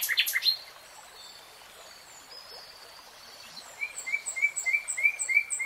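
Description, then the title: Nightingale song: a short harsh burst, a quiet gap, then a run of quick, clear repeated notes over light background hiss. Singing, from a three-hour real-time recording. "[Tiếng chim hót] Nightingale Singing"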